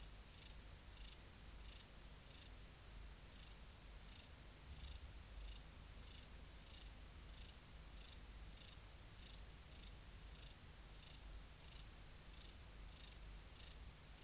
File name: Stauroderus scalaris